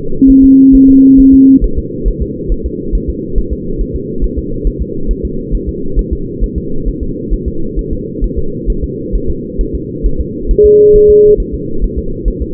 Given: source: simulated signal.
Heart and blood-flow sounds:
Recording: fetal heart sounds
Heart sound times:
0.30 s: S1
0.44 s: S2
0.75 s: S1
0.89 s: S2
1.20 s: S1
1.34 s: S2
1.64 s: S1
1.78 s: S2
2.08 s: S1
2.22 s: S2
2.52 s: S1
2.66 s: S2
2.95 s: S1
3.09 s: S2
3.38 s: S1
3.53 s: S2
3.81 s: S1
3.96 s: S2
4.24 s: S1
4.38 s: S2
4.67 s: S1
4.82 s: S2
5.11 s: S1
5.25 s: S2
5.55 s: S1
5.69 s: S2
5.99 s: S1
6.13 s: S2
6.44 s: S1
6.58 s: S2
6.88 s: S1
7.03 s: S2
7.34 s: S1
7.48 s: S2
7.79 s: S1
7.93 s: S2
8.24 s: S1
8.38 s: S2
8.70 s: S1
8.84 s: S2
9.15 s: S1
9.30 s: S2
9.61 s: S1
9.75 s: S2
10.06 s: S1
10.21 s: S2
10.51 s: S1
10.65 s: S2
10.96 s: S1
11.10 s: S2
11.40 s: S1
11.54 s: S2
11.84 s: S1
11.99 s: S2
12.28 s: S1
12.42 s: S2
From the record:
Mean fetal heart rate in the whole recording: 135 bpm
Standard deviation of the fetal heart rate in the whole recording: 3 bpm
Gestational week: 36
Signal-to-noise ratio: -8.1 dB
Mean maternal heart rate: 72 bpm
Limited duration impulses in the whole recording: present

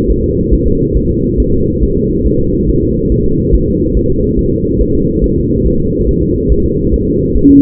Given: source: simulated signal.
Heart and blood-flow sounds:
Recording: fetal heart sounds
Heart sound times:
0.10 s: S1
0.24 s: S2
0.53 s: S1
0.67 s: S2
0.97 s: S1
1.11 s: S2
1.40 s: S1
1.54 s: S2
1.83 s: S1
1.97 s: S2
2.27 s: S1
2.41 s: S2
2.69 s: S1
2.83 s: S2
3.12 s: S1
3.26 s: S2
3.54 s: S1
3.68 s: S2
3.97 s: S1
4.11 s: S2
4.39 s: S1
4.53 s: S2
4.81 s: S1
4.95 s: S2
5.24 s: S1
5.38 s: S2
5.66 s: S1
5.80 s: S2
6.09 s: S1
6.23 s: S2
6.52 s: S1
6.66 s: S2
6.94 s: S1
7.08 s: S2
7.37 s: S1
7.50 s: S2
From the record:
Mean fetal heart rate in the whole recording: 140 bpm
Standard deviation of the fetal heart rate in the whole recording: 2 bpm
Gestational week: 34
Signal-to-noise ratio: -15.3 dB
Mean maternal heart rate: 72 bpm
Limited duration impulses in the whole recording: present

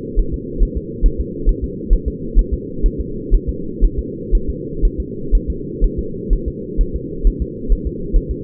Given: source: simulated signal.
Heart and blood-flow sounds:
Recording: fetal heart sounds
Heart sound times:
0.19 s: S1
0.34 s: S2
0.62 s: S1
0.77 s: S2
1.06 s: S1
1.21 s: S2
1.49 s: S1
1.64 s: S2
1.93 s: S1
2.08 s: S2
2.39 s: S1
2.53 s: S2
2.86 s: S1
3.01 s: S2
3.34 s: S1
3.49 s: S2
3.84 s: S1
3.99 s: S2
4.35 s: S1
4.50 s: S2
4.85 s: S1
5.00 s: S2
5.35 s: S1
5.50 s: S2
5.84 s: S1
5.99 s: S2
6.33 s: S1
6.48 s: S2
6.81 s: S1
6.96 s: S2
7.27 s: S1
7.42 s: S2
7.72 s: S1
7.87 s: S2
8.16 s: S1
8.31 s: S2
From the record:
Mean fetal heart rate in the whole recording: 130 bpm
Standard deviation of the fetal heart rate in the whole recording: 4 bpm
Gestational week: 38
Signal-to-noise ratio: -4.3 dB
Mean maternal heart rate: 72 bpm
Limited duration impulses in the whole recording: present

